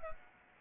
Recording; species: mosquito wingbeat signal from an infrared sensor; Anopheles arabiensis